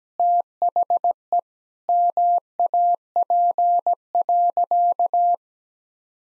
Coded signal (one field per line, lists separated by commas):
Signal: Morse code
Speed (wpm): 17 wpm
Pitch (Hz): 700 Hz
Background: none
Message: THE MAP.